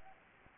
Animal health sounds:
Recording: mosquito wingbeat signal from an infrared sensor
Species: Anopheles gambiae

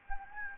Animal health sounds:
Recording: mosquito wingbeat signal from an infrared sensor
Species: Anopheles gambiae

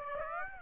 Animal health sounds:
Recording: mosquito wingbeat signal from an infrared sensor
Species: Aedes aegypti

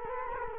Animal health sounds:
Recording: mosquito wingbeat signal from an infrared sensor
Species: Culex quinquefasciatus

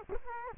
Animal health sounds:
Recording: mosquito wingbeat signal from an infrared sensor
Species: Culex quinquefasciatus

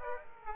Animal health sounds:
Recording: mosquito wingbeat signal from an infrared sensor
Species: Aedes aegypti

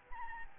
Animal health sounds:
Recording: mosquito wingbeat signal from an infrared sensor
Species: Aedes albopictus

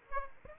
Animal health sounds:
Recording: mosquito wingbeat signal from an infrared sensor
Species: Aedes aegypti

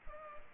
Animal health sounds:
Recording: mosquito wingbeat signal from an infrared sensor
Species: Culex pipiens

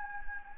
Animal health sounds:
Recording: mosquito wingbeat signal from an infrared sensor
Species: Anopheles gambiae

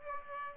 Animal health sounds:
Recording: mosquito wingbeat signal from an infrared sensor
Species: Aedes aegypti

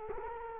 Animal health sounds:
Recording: mosquito wingbeat signal from an infrared sensor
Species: Culex quinquefasciatus

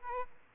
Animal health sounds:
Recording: mosquito wingbeat signal from an infrared sensor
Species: Aedes aegypti

